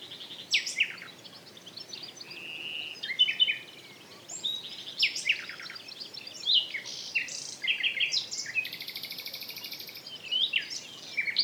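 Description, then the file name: Common nightingale song, continuous varied phrases of sharp notes, rattles and a high buzzy trill, almost without pause. "Luscinia megarhynchos"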